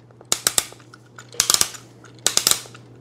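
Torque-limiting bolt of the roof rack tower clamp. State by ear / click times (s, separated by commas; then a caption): torque reached / 0.5 s, 0.6 s, 1.4 s, 1.5 s, 1.6 s. An already tightened torque-limiting bolt on a roof rack tower clamp, used to mount an iKamper rooftop tent on a 2020 Subaru Outback (non-Wilderness Edition), is turned further and its built-in limiter ratchets like a gas cap. Sharp, bright clicks come in quick clusters at about 0.5, 0.6, 1.4, 1.5, 1.5 and 1.6 seconds, with another similar burst near 2.3 to 2.5 seconds, over a steady low hum. The ratcheting confirms the clamp bolt is at torque.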